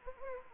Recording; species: mosquito wingbeat signal from an infrared sensor; Anopheles arabiensis